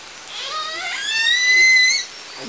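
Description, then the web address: Killer whale call: a single drawn-out, rising then level whistled tone with stacked harmonics, lasting about two seconds over faint background noise. Southern Resident killer whales; call type S14. "SRKW Orca Calls call S 14"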